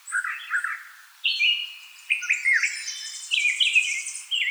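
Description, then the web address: Northern mockingbird song with quick changing phrases: squeaky chirps, rasping buzzes and slurred whistled notes, several repeated in short bursts. Recorded 4 February 2007. "Northern Mockingbird 2007 02 04"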